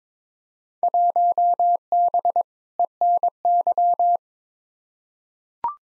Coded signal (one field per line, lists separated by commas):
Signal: Morse code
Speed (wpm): 22 wpm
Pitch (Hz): 700 Hz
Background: none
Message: 1B ENY